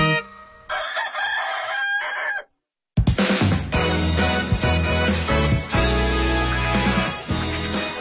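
A single drawn-out rooster crow rings out, followed by a brief silence before loud, full band music suddenly starts and carries on.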